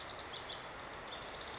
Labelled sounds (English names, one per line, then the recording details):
House Wren
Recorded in Sonoma County, California